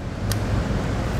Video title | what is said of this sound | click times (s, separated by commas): Mount: 7- and 4-Pole Trailer Connector Socket w/ Mounting Bracket on a 2013 Chevrolet Silverado | it right under the back of our connector, and you want to hear it click, and | 0.3 s